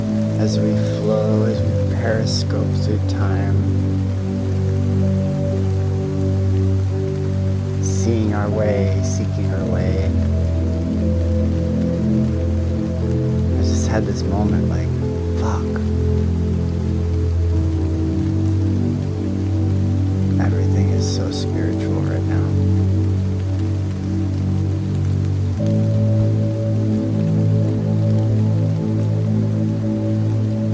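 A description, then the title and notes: Rain falls at night in a steady, even wash, over a sustained low droning hum that shifts to a new pitch every several seconds. Brief brighter clatters and voice-like bursts break through around 2, 8, 14 and 21 seconds. Raining In the Barrio. Recorded in the wee hours on a rainy winter desert night.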